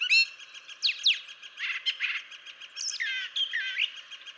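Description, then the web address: Brown Thrasher song, with loud rich slurred notes followed by a string of varied chirpy, warbled phrases. "birdsongforthecurious Brown Thrasher"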